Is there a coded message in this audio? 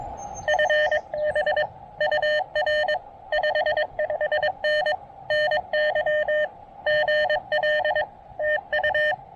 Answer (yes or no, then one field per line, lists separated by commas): yes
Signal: Morse code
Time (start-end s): 0.5-9.1 s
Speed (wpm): 20 wpm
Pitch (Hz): 590 Hz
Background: radio noise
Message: FB UR 55N NY GL TU